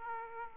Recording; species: mosquito wingbeat signal from an infrared sensor; Aedes aegypti